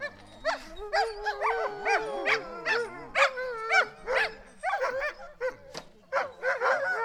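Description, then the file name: Sled dogs giving a sustained howl under rapid, irregular yips and barks from several animals. "Storm Kloud Sled Dogs"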